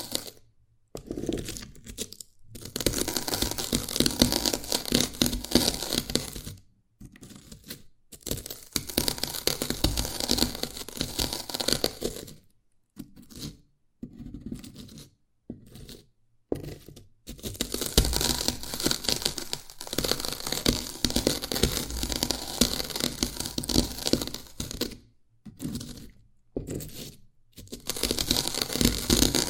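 Dalgona candy being scratched and cracked in long, dense bursts of crisp, gritty crackling that fill the range from low to bright. The bursts run several seconds each, broken by short silent pauses roughly every few seconds, with a few brief crinkly fragments between them.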